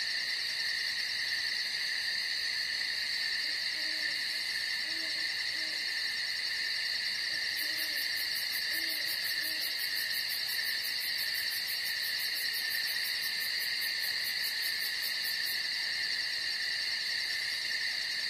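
A steady night chorus of crickets and insects fills the whole clip in dense, shrill layers. A soft, low hooting call repeats several times between about 4 and 10 seconds, and a very high rapid pulsing joins from around 7 to 15 seconds.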